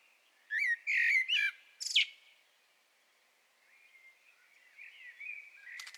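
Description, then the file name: Common blackbird song: a loud fluted whistled phrase followed by a high squeaky ending, then soft warbling continues. "Turdus merula"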